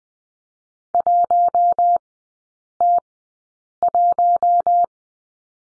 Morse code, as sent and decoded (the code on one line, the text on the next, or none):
.---- - .----
1T1